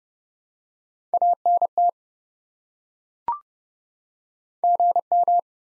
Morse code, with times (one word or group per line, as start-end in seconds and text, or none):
1.1-1.9 ANT
4.6-5.4 GM